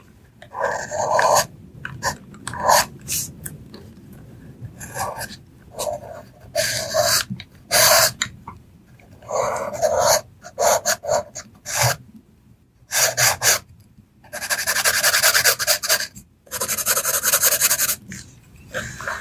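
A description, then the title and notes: Pencil strokes rasp and scratch across paper in quick, irregular bursts, some short and some stretching over a second or more. A soft low rustle runs underneath, and the longest, densest scratching comes near the end, broken by brief silences. Soft tracing with pencils.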